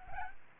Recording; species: mosquito wingbeat signal from an infrared sensor; Aedes albopictus